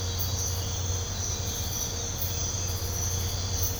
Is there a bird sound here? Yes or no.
no